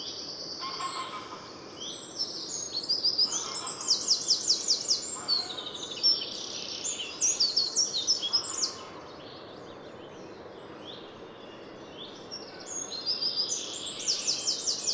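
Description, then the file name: Eurasian wren giving loud, very high, fast rattling trills and twitters in bursts, pausing about four seconds before starting again, over steady background hiss. "Troglodytes troglodytes"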